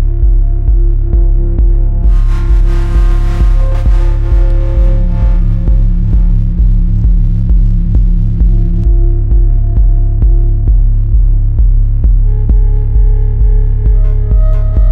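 Synthesized electronic music built from FM tones and samples, with a steady pulsing beat, heavy low bass, and shifting sustained notes above.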